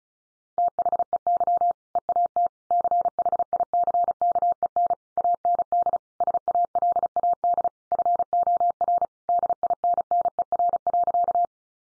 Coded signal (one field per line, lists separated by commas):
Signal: Morse code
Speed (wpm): 34 wpm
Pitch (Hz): 700 Hz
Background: none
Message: THEY EAT CHICKEN AND SALAD FOR DINNER.